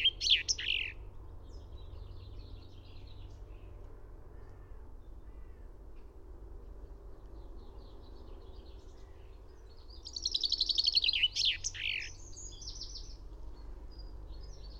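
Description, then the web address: Finch singing: a brief call near the start, a long quiet gap, then a quick descending series of high chirps lasting about two seconds, with steady low background rumble. "fugl b-finke"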